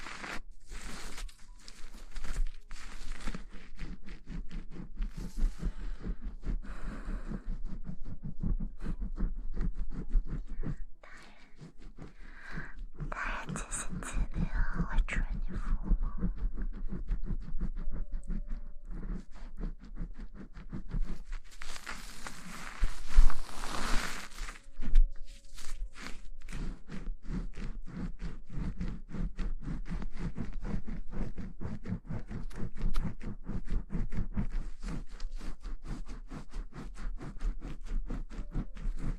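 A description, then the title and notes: Fingers scratch quickly through shampooed hair, a dense run of fast, fine crackling strokes that carries on almost without pause. The scratching brightens and thickens in bursts, especially around 13 and 22–24 seconds, and drops out briefly near 11 seconds. Shampoo wash hair 头部按摩 泡沫触发音 轻语 快速抓头皮.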